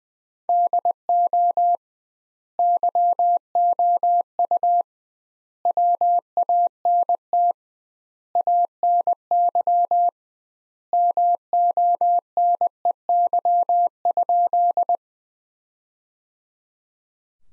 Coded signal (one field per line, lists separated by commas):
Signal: Morse code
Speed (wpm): 20 wpm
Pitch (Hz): 700 Hz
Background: none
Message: DO YOU WANT ANY MONEY?